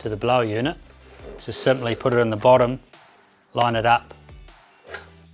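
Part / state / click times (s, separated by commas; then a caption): battery pack into PAPR blower unit / seated / 4.9 s. A battery pack is lined up in the bottom of a TECMEN FreFlow PAPR respirator blower unit and pushed back while someone talks. A sharp click at 4.9 s marks the battery clicking into place, seated in the blower unit.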